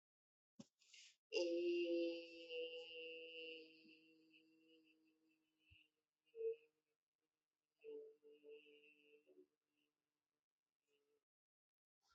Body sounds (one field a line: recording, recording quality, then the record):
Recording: sustained vowel as in made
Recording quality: excellent, no background noise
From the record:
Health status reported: healthy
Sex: female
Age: 42 years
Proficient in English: yes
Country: India